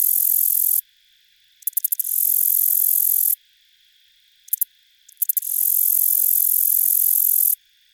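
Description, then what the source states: Black-legged meadow katydid singing, a few sharp ticks before each of several long shrill buzzes with brief gaps, and a thin constant tone beneath. On buttonbush.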